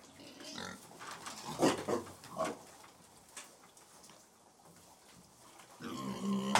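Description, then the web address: Pig grunts and short squeals over continuous rustling and munching, with a sharper squeal near the end. Pigs feeding; livestock. "The BBC Sound Effects Library Livestock Pigs Feeding"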